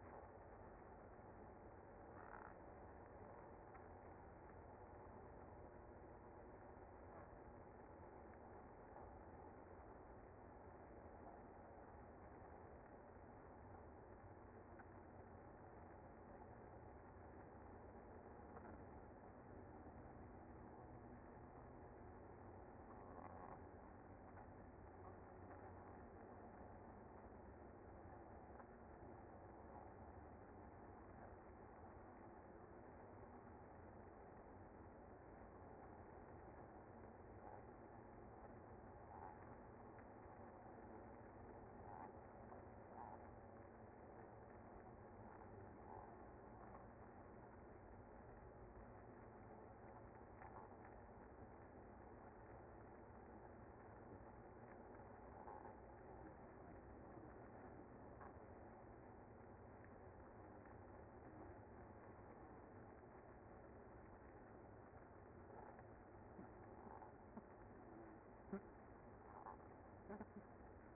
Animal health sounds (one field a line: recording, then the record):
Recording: honeybee colony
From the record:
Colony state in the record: active